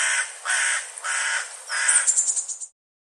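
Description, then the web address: Bird calling in coarse, cawing bursts, four harsh notes in a row, the last breaking into quick stuttering pulses before cutting off. "cianscape birddata Deverinetal 2025"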